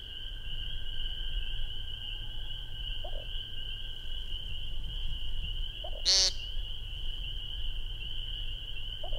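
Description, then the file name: American woodcock giving a single short, buzzy nasal peent, preceded by faint soft low notes, over a steady high-pitched chorus and low rumble. Recorded on 12 May 2001. "2001-05-12 American Woodcock"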